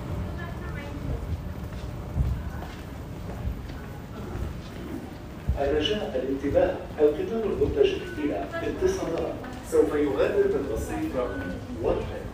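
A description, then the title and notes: A low, steady rumble of a moving vehicle fills the first five seconds, with faint voices underneath. Around five and a half seconds, conversation starts and carries on to the end, several people talking over the continuing low hum of the ride. Al Nadha to Al Ghurair center walking,Bus ride,Metro ride experience.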